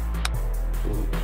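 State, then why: Seated. A plastic cover piece for a 1:8 scale Nissan Skyline R34 GT-R model is pressed onto the opposite side of an assembly over steady background music. A sharp click at 0.3 seconds marks the cover locking in place, seated correctly.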